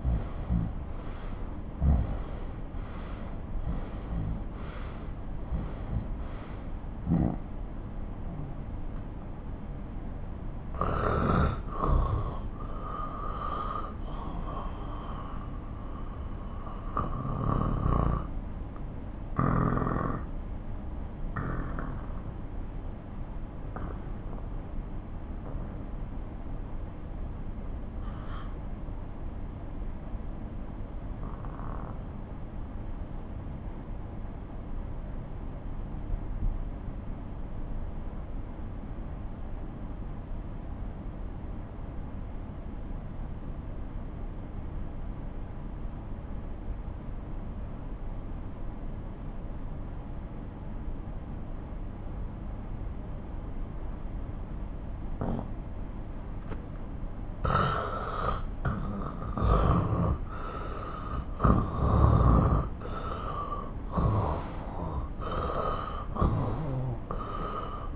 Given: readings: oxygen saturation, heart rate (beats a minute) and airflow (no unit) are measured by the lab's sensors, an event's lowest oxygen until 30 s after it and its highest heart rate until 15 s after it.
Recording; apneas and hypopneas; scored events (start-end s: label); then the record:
breathing in sleep by a smartphone at the bedside; 1
15.00-59.30 s: obstructive apnea (N2, oxygen 95% highest, then 87% lowest)
From the record:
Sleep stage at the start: N2 (light sleep); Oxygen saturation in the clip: 86 to 95%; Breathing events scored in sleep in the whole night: 217 in 6.3 hours asleep